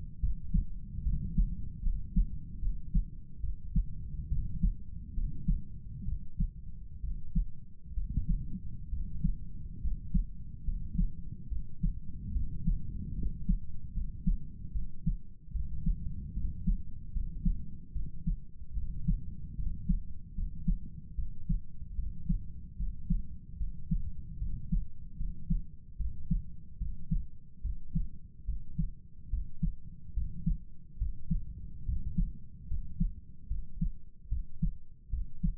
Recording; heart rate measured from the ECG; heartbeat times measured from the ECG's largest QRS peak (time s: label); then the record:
heart sounds by stethoscope; 72 bpm
0.20 s: heartbeat
1.03 s: heartbeat
1.82 s: heartbeat
2.60 s: heartbeat
3.41 s: heartbeat
4.29 s: heartbeat
5.14 s: heartbeat
6.06 s: heartbeat
7.01 s: heartbeat
7.95 s: heartbeat
8.90 s: heartbeat
9.81 s: heartbeat
10.64 s: heartbeat
11.49 s: heartbeat
12.33 s: heartbeat
13.16 s: heartbeat
13.94 s: heartbeat
14.73 s: heartbeat
15.52 s: heartbeat
16.34 s: heartbeat
17.13 s: heartbeat
17.93 s: heartbeat
18.75 s: heartbeat
19.56 s: heartbeat
20.35 s: heartbeat
21.16 s: heartbeat
21.96 s: heartbeat
22.77 s: heartbeat
23.58 s: heartbeat
24.39 s: heartbeat
25.17 s: heartbeat
25.97 s: heartbeat
26.78 s: heartbeat
27.62 s: heartbeat
28.46 s: heartbeat
29.30 s: heartbeat
30.14 s: heartbeat
30.98 s: heartbeat
31.85 s: heartbeat
32.68 s: heartbeat
33.48 s: heartbeat
34.29 s: heartbeat
35.10 s: heartbeat
From the record:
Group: healthy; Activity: rest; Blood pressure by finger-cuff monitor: 114/63 mmHg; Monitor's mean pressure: 77 mmHg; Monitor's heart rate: 73 bpm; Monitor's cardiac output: 7.4 L/min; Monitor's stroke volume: 102 mL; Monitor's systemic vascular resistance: 760 dyn s/cm5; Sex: male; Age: 35 years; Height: 180 cm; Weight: 86.9 kg